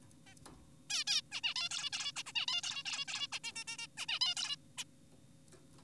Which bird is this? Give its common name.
Zebra Finch